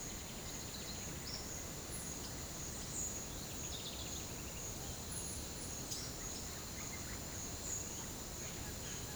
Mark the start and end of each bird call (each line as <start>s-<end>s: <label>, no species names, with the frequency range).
0.16s-1.44s: bird call (2.5-6.6 kHz)
3.46s-4.60s: bird call (1.8-5.8 kHz)